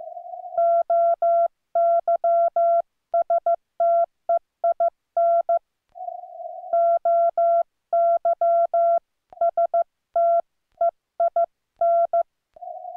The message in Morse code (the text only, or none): OYSTEIN OYSTEIN